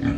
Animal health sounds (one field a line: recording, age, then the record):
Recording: pig call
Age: growing-finishing pig (85 days or more)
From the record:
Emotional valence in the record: negative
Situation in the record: barren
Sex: female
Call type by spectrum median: low-frequency call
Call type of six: low-frequency stable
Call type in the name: low-frequency stable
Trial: 1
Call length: 0.18 s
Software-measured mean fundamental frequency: 47 Hz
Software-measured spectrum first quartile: 163 Hz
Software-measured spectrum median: 268 Hz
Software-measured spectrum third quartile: 477 Hz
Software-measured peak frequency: 270 Hz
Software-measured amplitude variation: 152 dB a second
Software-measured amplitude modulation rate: 24.3 a second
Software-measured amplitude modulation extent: 6.3 dB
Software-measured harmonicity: 0.5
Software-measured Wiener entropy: -0.68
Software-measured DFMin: 708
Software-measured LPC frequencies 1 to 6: 291, 1158, 1721, 2368, 3276, 4560 Hz